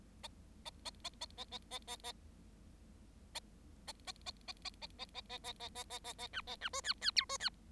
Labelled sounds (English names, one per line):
Bengalese Finch song